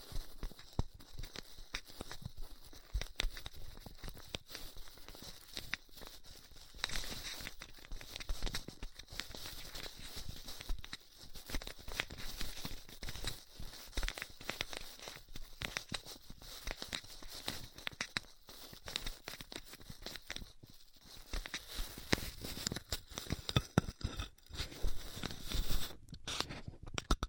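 Styrofoam being heat cut, a dense, continuous crackling and hissing with a bright edge that runs the whole time. The texture flickers rapidly with small crinkling bursts, swelling around seven seconds and again near the end, where a few sharper pops break through.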